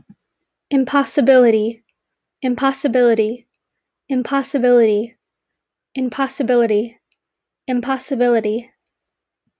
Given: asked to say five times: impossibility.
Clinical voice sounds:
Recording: repeated word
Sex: female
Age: 18 to 19 years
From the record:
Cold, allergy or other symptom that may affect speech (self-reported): no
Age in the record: 19 years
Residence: California, United States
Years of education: 13

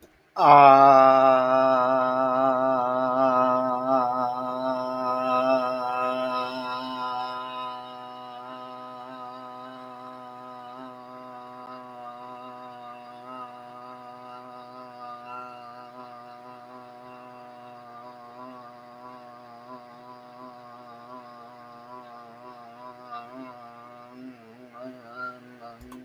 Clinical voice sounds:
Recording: vowel held as long as possible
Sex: male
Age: 60 to 69 years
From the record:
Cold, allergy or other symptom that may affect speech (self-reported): no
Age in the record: 60 years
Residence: Illinois, United States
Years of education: 16

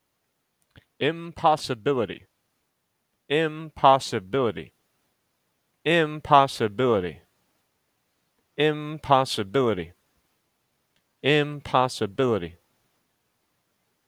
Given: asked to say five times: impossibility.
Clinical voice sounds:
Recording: repeated word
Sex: male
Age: 30 to 39 years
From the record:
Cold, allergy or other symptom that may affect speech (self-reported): no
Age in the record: 33 years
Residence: United States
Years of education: 16

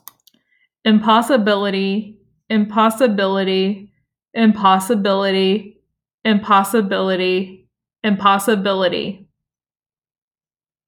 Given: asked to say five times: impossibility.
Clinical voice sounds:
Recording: repeated word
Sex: female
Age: 30 to 39 years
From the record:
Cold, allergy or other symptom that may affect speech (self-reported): no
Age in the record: 38 years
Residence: Missouri, United States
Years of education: 19

